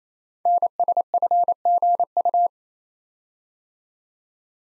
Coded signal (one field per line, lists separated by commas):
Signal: Morse code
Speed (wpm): 29 wpm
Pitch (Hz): 700 Hz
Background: none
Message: NSFGU